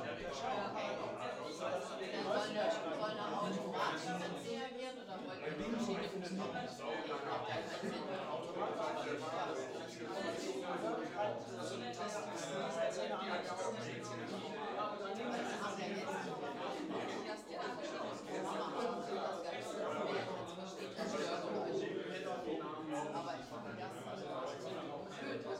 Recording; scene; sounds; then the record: everyday scene through a hearing-aid microphone; many people talking; many voices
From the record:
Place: bistro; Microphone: in the ear canal, left